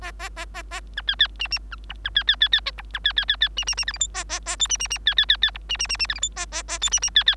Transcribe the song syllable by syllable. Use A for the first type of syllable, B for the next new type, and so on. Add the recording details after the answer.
A A A A A B C C D D B E B C C C C A E B C C C C D D D F G H A A A I D D D C C C C E D D D D F G H A A A I D D C C. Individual Bird3